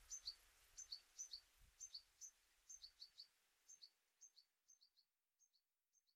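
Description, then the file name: European goldfinch calls: bright, high twittering notes in twos and threes, gradually fading towards the end over a faint low hum in the first half. "Carduelis carduelis"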